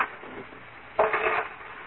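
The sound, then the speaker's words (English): Silverware clinks and rattles as it is gathered and put away, a short burst of metallic clatter starting midway through and tapering off over a steady background hiss, with no voices. “Now, let's put all the silverware away.”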